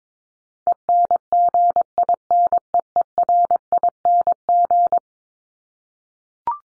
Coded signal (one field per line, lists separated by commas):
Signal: Morse code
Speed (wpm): 22 wpm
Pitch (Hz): 700 Hz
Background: none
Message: ENGINEERING